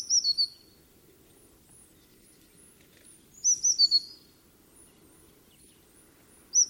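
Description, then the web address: Eurasian blue tit calls: three bursts of high, thin notes dropping slightly in pitch, the last one cut off, over a low background hum. "cianscape birddata Deverinetal 2025 File origin Bird Only Cy Ca"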